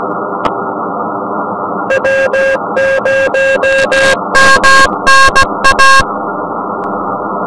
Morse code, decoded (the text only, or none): W0MNA